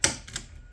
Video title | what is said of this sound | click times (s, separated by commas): Honda 4-Track (High-Security) Ignition Teardown and Repair | what we got to do is we got to push this in until we hear a click it'll stay retained | 0.0 s